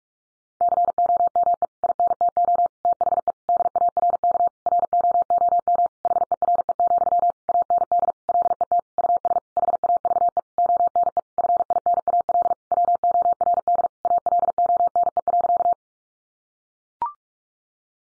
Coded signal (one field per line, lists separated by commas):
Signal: Morse code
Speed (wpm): 44 wpm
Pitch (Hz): 700 Hz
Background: none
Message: COME INTO THE DARK ROOM HERE, AND LET US HAVE ONE FINAL WORD ALONE.